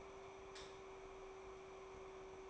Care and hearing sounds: daily activity, microphone in the room; light off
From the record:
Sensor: 1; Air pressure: 1010.2 hPa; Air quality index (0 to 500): 172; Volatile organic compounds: 12 ppm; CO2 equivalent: 2366 ppm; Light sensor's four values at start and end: 55/149/60/75 and 51/134/55/69

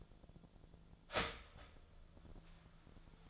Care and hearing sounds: daily activity, microphone in the room; start toaster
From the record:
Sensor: 5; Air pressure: 1009.4 hPa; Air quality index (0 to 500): 168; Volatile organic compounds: 4 ppm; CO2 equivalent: 1635 ppm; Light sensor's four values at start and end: 90/239/97/103 and 90/240/98/103

